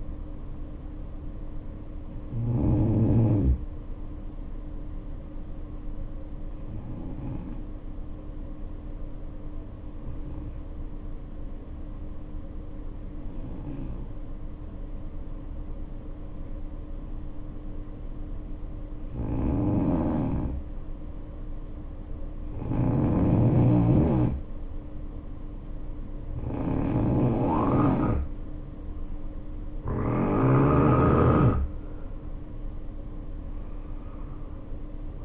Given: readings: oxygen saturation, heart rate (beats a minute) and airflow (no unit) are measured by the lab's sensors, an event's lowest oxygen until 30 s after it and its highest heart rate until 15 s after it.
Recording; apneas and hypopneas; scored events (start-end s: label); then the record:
breathing in sleep by a smartphone at the bedside; 1
11.00-23.70 s: hypopnea (N2, oxygen 95% highest, then 85% lowest, heart rate 56 at the start, 71 highest)
28.00-35.24 s: new sleep stage, N1 (lightest sleep)
From the record:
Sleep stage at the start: N2 (light sleep); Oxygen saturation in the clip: 77 to 95%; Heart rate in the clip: 53 to 71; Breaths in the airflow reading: 10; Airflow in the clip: -3.9 to 5.3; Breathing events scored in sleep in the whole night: 520 in 7.2 hours asleep